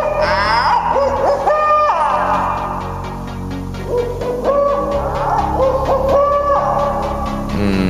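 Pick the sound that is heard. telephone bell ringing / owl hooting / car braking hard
owl hooting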